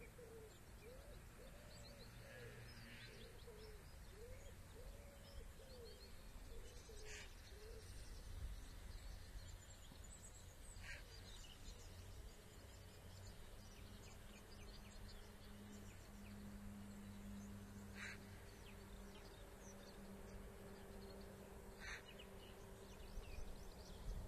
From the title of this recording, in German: live aus der Natur von der #Elbe